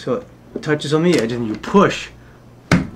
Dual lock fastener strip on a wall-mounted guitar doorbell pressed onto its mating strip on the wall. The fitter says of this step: into the wall both sides until they click and then the back goes up until it clicks